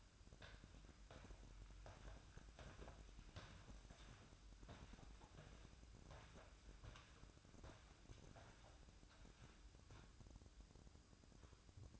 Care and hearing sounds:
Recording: daily activity, microphone in the room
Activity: walk to room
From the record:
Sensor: 2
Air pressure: 1008.0 hPa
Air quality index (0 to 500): 113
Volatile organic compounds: 1 ppm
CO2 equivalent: 842 ppm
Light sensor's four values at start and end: 7/16/6/6 and 7/16/6/6

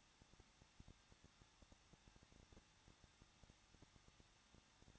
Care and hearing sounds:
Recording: daily activity, microphone in the room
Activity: no activity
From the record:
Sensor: 3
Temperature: 21.2 degrees Celsius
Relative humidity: 36.3%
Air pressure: 1006.5 hPa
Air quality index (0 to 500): 221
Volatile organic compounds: 39 ppm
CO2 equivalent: 3132 ppm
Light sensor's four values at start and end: 2/3/2/2 and 2/3/2/2

